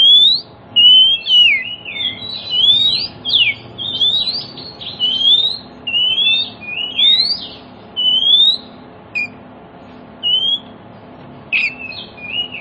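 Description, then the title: Oriental magpie-robin in continuous song, a long flowing stream of rising and falling whistles, tapering into spaced notes near the end. Song played as a lure to prompt other magpie-robins, including ones that have stopped singing, to answer and sing within about five minutes. "Cukup Hitungan Menit Kacer Lain Bisa Bunyi. CUKUP 5 Menit Kacer LAIN NYAUT JADI GACOR, PANCINGAN KACER MACET BUNYI"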